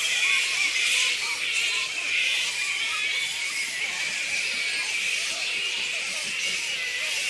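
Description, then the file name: Many black flying foxes squeak and bicker together, a shrill unbroken chorus with occasional louder squeals near the start. A colony of black fruit bats giving squeaks. "black fruit bats -pteropus alecto colony squeaks"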